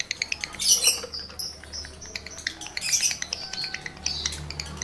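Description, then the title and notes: Lovebird song of high, piercing squeaks mixed with quick ticking clicks and chattering twitters in uneven bursts. Male lovebird in breeding condition; song used as a lure to stimulate other lovebirds to sing. "Birahi Lovebird Jantan ke Gacor. Pancingan Suara Lovebird jantan birahi"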